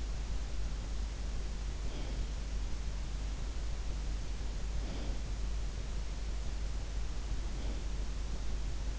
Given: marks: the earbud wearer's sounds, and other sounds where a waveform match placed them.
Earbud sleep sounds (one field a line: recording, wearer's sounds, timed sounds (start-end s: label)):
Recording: sounds in sleep by an in-ear microphone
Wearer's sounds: breath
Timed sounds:
1.81-2.40 s: breath
4.78-5.29 s: breath
7.55-8.04 s: breath